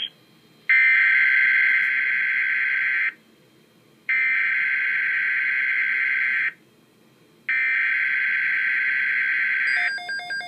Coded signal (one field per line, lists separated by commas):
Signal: Emergency Alert System (SAME) tones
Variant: header bursts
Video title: Severe Thunderstorm Watch #381 (EAS #44) (7/13/16)